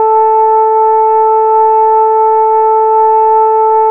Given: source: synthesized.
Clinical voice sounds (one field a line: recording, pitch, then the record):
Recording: sustained vowel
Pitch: 440 Hz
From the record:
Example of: Parkinson's disease, light to moderate (G3)